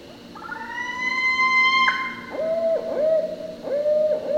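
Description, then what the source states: Barred owl giving a run of short, barking hoots, after a long, steady high tone. Recorded 16 October 2013.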